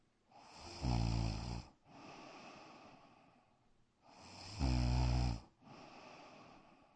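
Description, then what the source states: Dog snoring: two slow cycles, each a loud rasping, rumbling snore followed by a softer, breathy one, repeating about every three and a half seconds. Black dog snoring in a bedroom.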